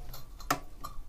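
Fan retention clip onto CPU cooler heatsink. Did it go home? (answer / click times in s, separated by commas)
yes / 0.5 s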